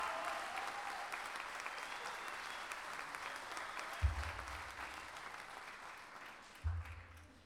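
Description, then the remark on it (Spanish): A crowd claps steadily in dense, continuous applause for a poet at the Gala Internacional de Payadores in Lo Prado, Chile, a broad hiss of many hands that holds for several seconds before slowly tapering, with a couple of low thumps near the end. “Así que más fuerte el aplauso para este buen poeta.”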